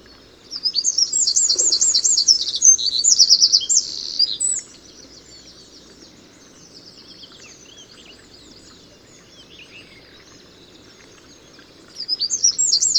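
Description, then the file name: Eurasian wren song: a loud, fast trilling phrase, a long quiet stretch, then the song starts again. "Troglodytes troglodytes"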